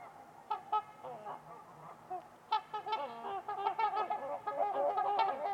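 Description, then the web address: Trumpeter swans giving rapid nasal trumpeting honks, a few early notes then a dense overlapping chorus building toward the end. Trumpeter swans at Winters Lake on a winter's eve in a deep, quiet valley; by Nick McMahan. "Trumpeter Swans on a Winter's Eve. Nick-Mc Mahan Winters-Lake-with-Swan. Wind Is the Original Radio"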